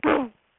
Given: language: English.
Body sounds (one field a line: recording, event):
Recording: throat vibration sensor signal played as sound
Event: throat clearing